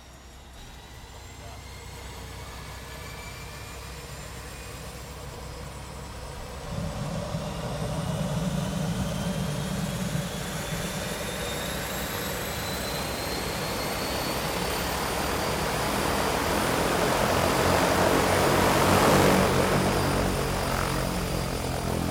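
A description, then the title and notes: A turboprop floatplane engine runs with a steady low drone and thin whining tones that slowly rise in pitch. Around seven seconds a deeper rumble joins in, and the sound swells gradually, growing louder toward the end with a rushing roar. De Havilland Canada DHC - 3-T Turbo - Otter by Andy "soundeziner" Martin.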